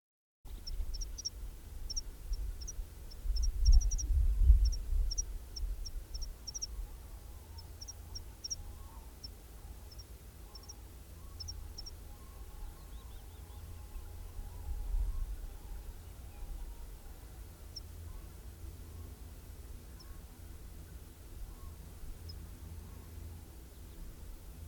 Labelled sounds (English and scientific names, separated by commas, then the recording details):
Meadow Pipit (Anthus pratensis) alarm call
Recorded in the wild
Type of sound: alarm call
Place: Linum, Brandenburg, DE
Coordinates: 52.759, 12.876
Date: 1971-05-03
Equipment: Nagra III BH, Sennheiser MD 21, parabola
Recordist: Schubert, Michael
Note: Wiesenpieper, gereihte Rufe, Warnen